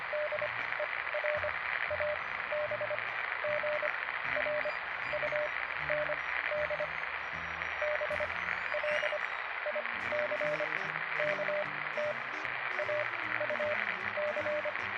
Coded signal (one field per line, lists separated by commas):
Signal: Morse code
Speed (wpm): 25 wpm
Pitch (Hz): 600 Hz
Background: radio noise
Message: DER ABGRUND BLICKT AUC